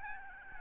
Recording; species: mosquito wingbeat signal from an infrared sensor; Aedes albopictus